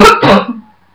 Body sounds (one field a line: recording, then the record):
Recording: coughing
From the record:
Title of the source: Barking cough - # 10